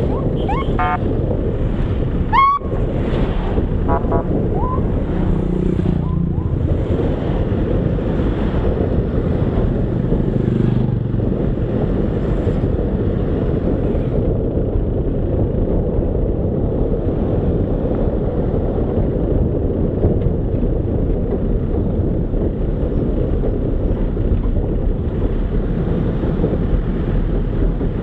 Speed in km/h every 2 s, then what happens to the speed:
22, 19, 20, 24, 27, 31, 32, 31, 31, 30, 29, 27, 26, 28.
3-11 speeds up to 32. 11-28 steady at about 29.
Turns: none.